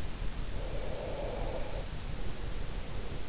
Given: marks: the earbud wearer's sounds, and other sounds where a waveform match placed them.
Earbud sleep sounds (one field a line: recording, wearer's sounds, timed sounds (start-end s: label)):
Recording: sounds in sleep by an in-ear microphone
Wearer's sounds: breath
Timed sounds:
0.49-3.21 s: breath